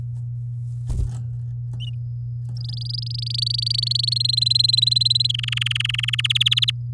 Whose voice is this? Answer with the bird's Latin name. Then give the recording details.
Serinus canaria. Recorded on 8 May 2018 at 12:18. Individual llb16